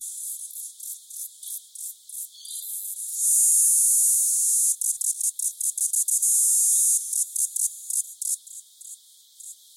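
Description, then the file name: Cicada song, shrill and high: short rhythmic pulses, breaking into loud continuous buzzing in the middle, then returning to quick pulsing bursts. Cicada from Australia. "INSECT AUS CICADA"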